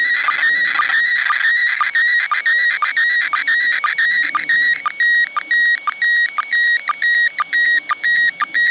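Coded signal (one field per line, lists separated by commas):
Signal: SSTV (slow-scan television)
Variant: PD120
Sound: warbling tone sweeping in pitch, interrupted by a short low sync chirp twice a second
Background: radio static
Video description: ISS-SSTV (MAI-75) images in PD120 mode received on TH-D74E + Arrow-2 Antenna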